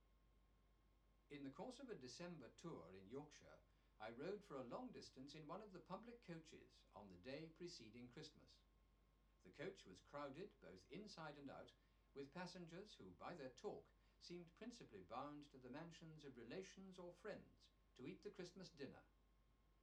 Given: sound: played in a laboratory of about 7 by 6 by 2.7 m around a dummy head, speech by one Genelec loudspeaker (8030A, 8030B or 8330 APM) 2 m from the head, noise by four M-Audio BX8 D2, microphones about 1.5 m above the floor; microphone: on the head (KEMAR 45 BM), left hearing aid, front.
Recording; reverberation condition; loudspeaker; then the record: male speech in English; low; 150 degrees to the left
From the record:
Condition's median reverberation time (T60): about 310 ms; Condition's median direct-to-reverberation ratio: about 3.5 dB